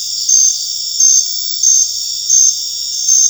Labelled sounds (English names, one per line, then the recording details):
none
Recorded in dense forest near Puerto Asís, Putumayo, Colombia, on 8 March 2025 at 20:30
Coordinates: 0.484, -76.317
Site G064